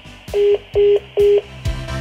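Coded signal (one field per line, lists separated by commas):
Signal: none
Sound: answering machine beeps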